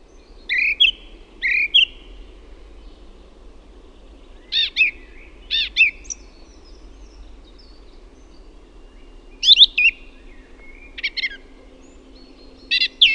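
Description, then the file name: Song thrush singing loud, clear whistled and chirpy phrases, several given twice before switching to a new one, with short pauses between phrases over a quiet low hum. "LAULURASTAS"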